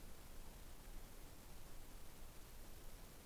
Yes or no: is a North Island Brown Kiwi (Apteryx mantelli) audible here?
no